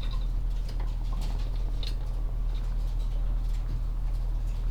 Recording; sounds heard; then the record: poultry house recording; sick chickens (respiratory disease)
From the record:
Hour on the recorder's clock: 16